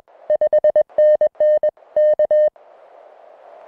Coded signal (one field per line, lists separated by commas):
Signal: Morse code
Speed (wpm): 22 wpm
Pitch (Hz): 590 Hz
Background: none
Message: 5NN K